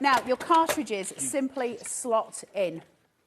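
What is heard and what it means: A punch-die cartridge is being slid into its slot in a desktop binding machine while someone talks. Nothing has seated or clicked yet; the clip ends just before the cartridge goes home.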